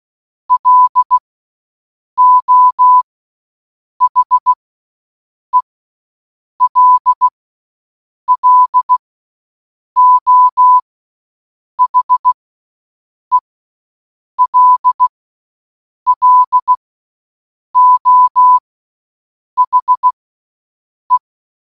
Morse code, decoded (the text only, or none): LO HELLO HELLO HE